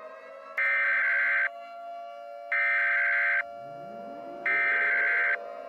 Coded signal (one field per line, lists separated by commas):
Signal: Emergency Alert System (SAME) tones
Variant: header bursts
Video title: Lake Huron Contamination: A Mini-EAS Scenario